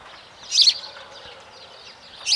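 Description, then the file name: House sparrow chirps, two short bright notes well over a second apart, with faint background noise between them. "Passer domesticus"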